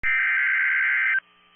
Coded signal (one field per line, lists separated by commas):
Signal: Emergency Alert System (SAME) tones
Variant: header bursts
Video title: NOAA Weather Radio - Severe Thunderstorm Warning [EAS #146] (5/22/22)